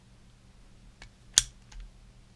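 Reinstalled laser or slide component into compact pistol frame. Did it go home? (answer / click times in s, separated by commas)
yes / 1.4 s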